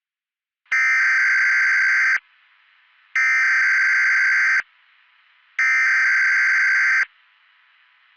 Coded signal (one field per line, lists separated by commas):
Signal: Emergency Alert System (SAME) tones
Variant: header bursts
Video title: (EAS Scenario) It's Just a Prank Bro! 2: 5 Years Later...